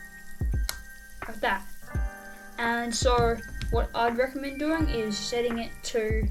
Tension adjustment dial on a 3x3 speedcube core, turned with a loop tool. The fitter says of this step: the and you hear a little click like